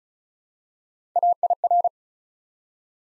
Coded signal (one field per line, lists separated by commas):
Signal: Morse code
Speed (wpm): 36 wpm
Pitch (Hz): 700 Hz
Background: none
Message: AIR